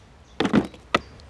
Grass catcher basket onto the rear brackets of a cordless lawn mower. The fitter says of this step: The basket is suspended from the two plastic brackets so that it clicks into place correctly on each attempt the